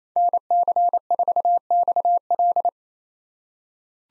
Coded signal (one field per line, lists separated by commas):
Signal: Morse code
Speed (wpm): 28 wpm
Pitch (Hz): 700 Hz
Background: none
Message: NC4XL